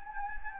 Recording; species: mosquito wingbeat signal from an infrared sensor; Anopheles gambiae